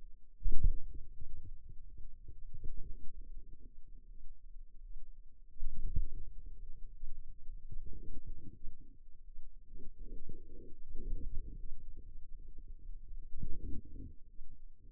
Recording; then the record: forearm muscle sounds (acoustic myography)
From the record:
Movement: wrist flexion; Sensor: system 2, bracelet of six BSWA MPA416 microphones around the upper forearm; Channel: 2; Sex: female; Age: 23 years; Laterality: right